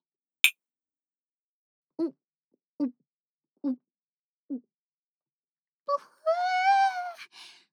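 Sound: glasses clinking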